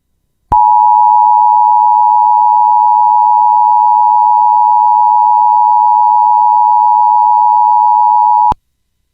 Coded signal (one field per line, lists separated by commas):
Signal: Emergency Alert System (SAME) tones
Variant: 853 and 960 Hz attention tone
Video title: EAS - Fire Warning Issued in Texas